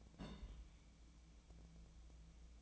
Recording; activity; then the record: daily activity, microphone in the room; place on stove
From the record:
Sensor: 1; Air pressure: 1000.0 hPa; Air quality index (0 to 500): 132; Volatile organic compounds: 2 ppm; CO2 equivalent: 1251 ppm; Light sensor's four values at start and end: 43/109/46/58 and 43/109/46/58